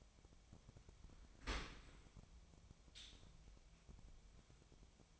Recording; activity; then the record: daily activity, microphone in the room; open dishwasher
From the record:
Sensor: 1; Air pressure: 1006.8 hPa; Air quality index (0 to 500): 207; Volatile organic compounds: 23 ppm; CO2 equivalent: 2794 ppm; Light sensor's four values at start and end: 12/31/12/14 and 12/31/12/14